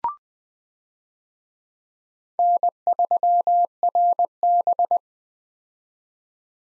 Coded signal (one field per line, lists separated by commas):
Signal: Morse code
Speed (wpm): 20 wpm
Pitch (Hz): 700 Hz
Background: none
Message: N3RB